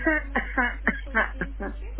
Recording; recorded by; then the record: voluntary cough; telephone call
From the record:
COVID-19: positive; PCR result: checked with the laboratory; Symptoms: no